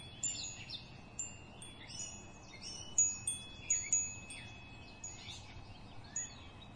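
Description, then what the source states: Bird song of varied high chirps and short twittering phrases, accompanied by sustained ringing tones of wind chimes over a low background rumble. Bird song recorded together with wind chimes.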